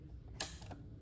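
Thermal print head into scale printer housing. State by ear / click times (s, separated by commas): seated / 0.4 s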